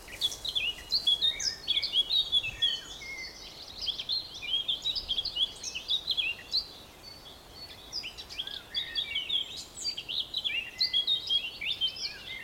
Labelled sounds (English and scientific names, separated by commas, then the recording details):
Eurasian Blackcap (Sylvia atricapilla)
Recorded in the wild
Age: adult
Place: Summt, Brandenburg, DE
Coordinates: 52.693, 13.362
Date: 1992-06-14 14:40
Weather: heiter, ca. 23°C
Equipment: Nagra SN, Mikrofon AKG CK 8, Kopie Tesla B 116
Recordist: Tembrock, Günter
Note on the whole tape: Grundstück: Gesang ca. 3 min